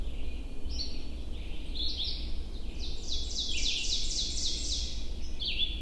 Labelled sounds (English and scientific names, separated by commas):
Ovenbird (Seiurus aurocapilla) song